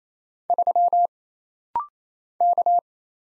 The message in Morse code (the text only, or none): 3 K